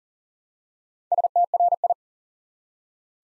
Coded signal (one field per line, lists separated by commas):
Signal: Morse code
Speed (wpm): 40 wpm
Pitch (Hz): 700 Hz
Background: none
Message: STRI